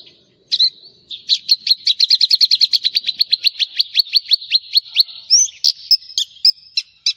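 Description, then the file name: Javan bush lark song opening with one loud note, then a long steady trill of evenly repeated notes, finishing with several varied sharp whistles. "suara burung branjangan jawa"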